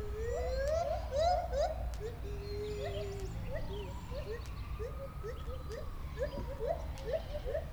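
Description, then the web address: Lar gibbon calls, repeated short upswept hoots in an uneven series, with one long tone that slowly rises and then falls across the middle and a low background hum. White-handed gibbon, captive in Debrecen Zoo, recorded 2012 with a Marantz recorder; small rattling noises. "allathangok debrecenizoo 2012. feherkezugibbon"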